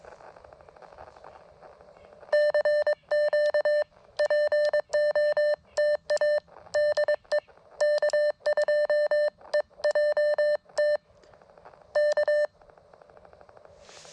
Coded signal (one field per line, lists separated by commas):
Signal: Morse code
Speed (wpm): 22 wpm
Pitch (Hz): 600 Hz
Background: none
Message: CQ POTA DE K2EJT K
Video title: Frustrating.....but awesome! First Elecraft KX1 CW POTA activation at K-5221 9/30/23